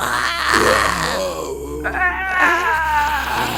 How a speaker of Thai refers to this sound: แล้วสิ่งอันชวนให้ขนหัวลุกก็ต่างพากันร้องโหยหวนขึ้นมาเอง